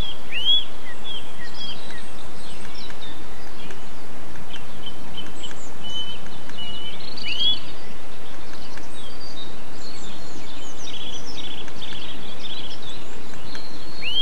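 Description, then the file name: Bird song with three bright rising whistles spread throughout, softer chirps and trills between, and a continuous low hiss. Recorded 8 April 2007 on an MZ-N 710 recorder. "MZ-N 710 Chants d oiseaux 8 04 07 extrait"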